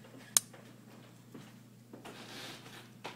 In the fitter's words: And they really snap into place nice,